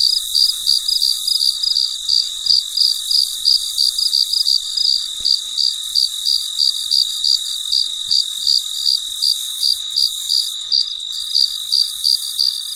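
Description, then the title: Cricket giving rapid high chirps in a steady rhythm near three per second, with a continuous thin insect drone beneath. Recorded late at night, in deep quiet. "深夜录制蟋蟀昆虫声"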